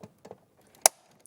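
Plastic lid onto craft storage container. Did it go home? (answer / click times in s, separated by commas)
yes / 0.9 s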